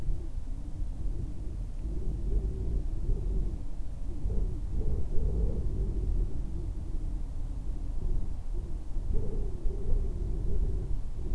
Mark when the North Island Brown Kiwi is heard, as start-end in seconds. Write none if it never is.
none